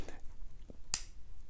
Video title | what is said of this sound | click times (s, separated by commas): Rolex Submariner: I never take it off (almost), buying used Rolex Sub and how to water test a Sub | you you heard that snap down and then now I can push it | 0.9 s